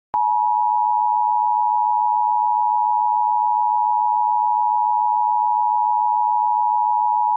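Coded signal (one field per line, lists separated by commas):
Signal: Emergency Alert System (SAME) tones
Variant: 853 and 960 Hz attention tone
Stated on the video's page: Mock tornado warning SAME tones for Metro Manila.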